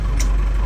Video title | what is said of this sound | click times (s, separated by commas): First time operating a backhoe | And then the other thing that you can do if you're plowing the driveway, for example, is push this forward until it clicks into float mode. | 0.2 s